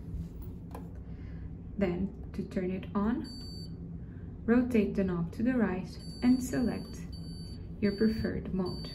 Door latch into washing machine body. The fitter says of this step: open the door load your clothes inside and close the door until you hear a click